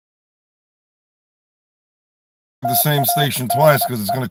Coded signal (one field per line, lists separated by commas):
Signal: Morse code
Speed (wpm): 26 wpm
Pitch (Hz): 690 Hz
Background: speech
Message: TADE